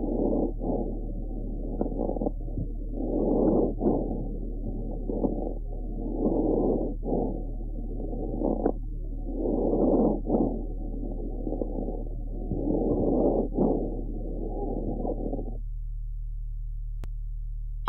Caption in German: Zuweilen sind pathologische Geräusche bei chronischer Bronchitis nur während einer Atemphase zu hören, wie hier ein tieffrequentes Knarren am Ende der Expiration.